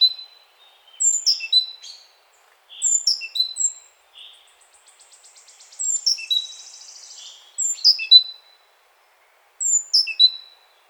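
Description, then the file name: Great tit calls: bursts of sharp descending high notes, plus a buzzy rattling series in the middle. "Parus major"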